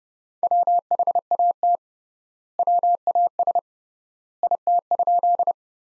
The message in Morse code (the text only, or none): WHAT WAS IT?